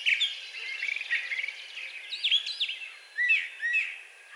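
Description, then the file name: Brown thrasher giving a short stretch of song: a blurred chattering passage followed by a few sharp, slurred notes. Recorded on 4 June 2020. "2020-06-04 Brown Thrasher"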